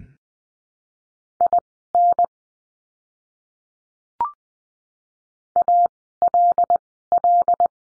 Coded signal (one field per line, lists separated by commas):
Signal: Morse code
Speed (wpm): 20 wpm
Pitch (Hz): 700 Hz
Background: none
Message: IN ALL